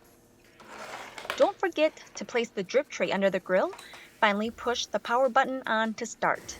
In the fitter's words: to lock in the grill press in on the red latch and you'll hear a snap sound